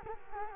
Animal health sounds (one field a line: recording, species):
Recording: mosquito wingbeat signal from an infrared sensor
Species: Culex quinquefasciatus